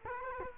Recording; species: mosquito wingbeat signal from an infrared sensor; Culex quinquefasciatus